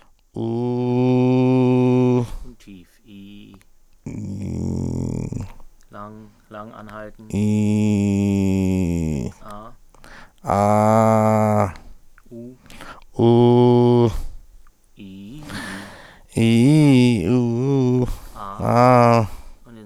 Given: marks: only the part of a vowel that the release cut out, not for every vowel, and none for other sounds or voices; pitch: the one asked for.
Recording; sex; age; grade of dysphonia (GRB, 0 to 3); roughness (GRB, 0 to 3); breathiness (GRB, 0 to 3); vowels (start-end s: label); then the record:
sustained vowels; male; 40 to 49 years; 0; 0; 0
0.64-2.05 s: vowel /u/, high pitch
7.53-9.07 s: vowel /i/, low pitch
10.54-11.50 s: vowel /a/, low pitch
13.29-13.99 s: vowel /u/, low pitch
16.46-17.12 s: vowel /i/, low-high-low pitch
17.38-17.97 s: vowel /u/, low-high-low pitch
18.67-19.17 s: vowel /a/, low-high-low pitch
From the record:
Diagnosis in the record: laryngocele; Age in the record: 46 years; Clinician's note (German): Z.B. linkes Taschenband, Stimmlippen o.B.; Stroboskopie o.B.